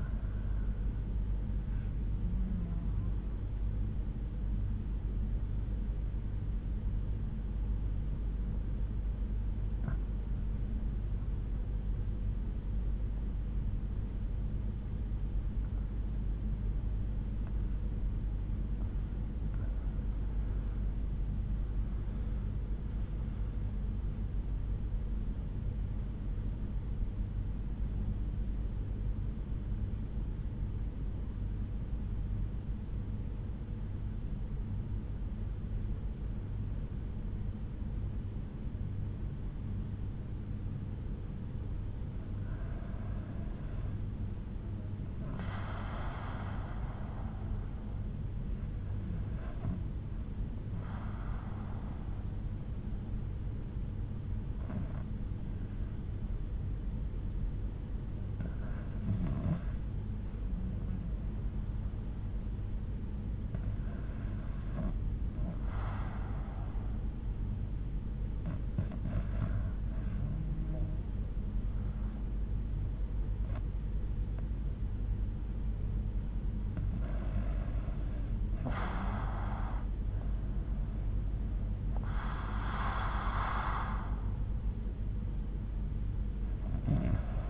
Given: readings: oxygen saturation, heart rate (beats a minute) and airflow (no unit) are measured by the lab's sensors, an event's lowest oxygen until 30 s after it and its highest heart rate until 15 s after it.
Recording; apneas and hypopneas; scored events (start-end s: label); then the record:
breathing in sleep by a smartphone at the bedside; 2
3.00-23.10 s: hypopnea (REM, oxygen 90% highest, then 82% lowest, heart rate 70 at the start, 80 highest)
33.00-75.00 s: hypopnea (REM, oxygen 95% highest, then 87% lowest, heart rate 75 at the start, 75 highest)
From the record:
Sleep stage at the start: REM sleep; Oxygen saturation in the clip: 82 to 95%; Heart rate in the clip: 62 to 80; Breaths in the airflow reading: 15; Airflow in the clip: -8.5 to 9.8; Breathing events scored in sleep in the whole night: 368 in 8.0 hours asleep